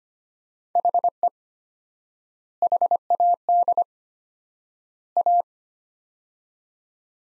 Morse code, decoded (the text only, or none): HE HAD A